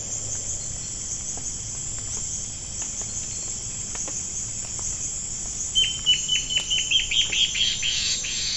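Bird starting after several quiet seconds with a run of high, clipped chips that speed up into a brief buzzy ending.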